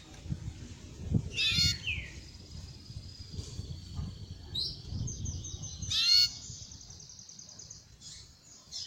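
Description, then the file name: Belgian canary song: a thin sustained high trill with sharp bright chirps near the start and after six seconds, over a low rumbling background. Copper-coloured Belgian canary. "canto do canario belga cobre"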